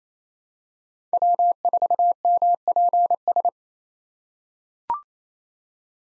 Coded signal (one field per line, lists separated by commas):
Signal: Morse code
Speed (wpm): 28 wpm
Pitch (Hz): 700 Hz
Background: none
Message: W4MPS